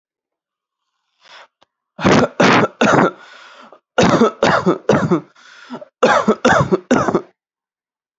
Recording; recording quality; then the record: shallow voluntary cough; excellent, no background noise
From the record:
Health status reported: exposed to COVID-19, no respiratory illness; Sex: male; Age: 21 years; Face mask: not worn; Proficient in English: yes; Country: India